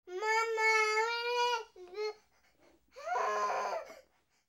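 An infant cries in three bursts: a sustained wail of about a second and a half, a short catching cry, then a rougher, more strained wail after a brief quiet gasp. An ordinary baby cry.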